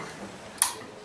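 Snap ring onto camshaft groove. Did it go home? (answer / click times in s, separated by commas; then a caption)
yes / 0.6 s. A new steel snap ring is installed on a camshaft at the cam support plate. It gives one sharp, bright click at 0.6 seconds as it seats in its groove. The rest of the clip is quiet background, and the ring is then checked to be on tight.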